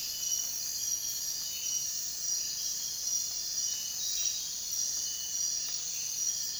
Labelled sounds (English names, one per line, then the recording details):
none
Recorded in dense forest near Puerto Asís, Putumayo, Colombia, on 23 June 2025 at 04:00
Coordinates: 0.466, -76.327
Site GP04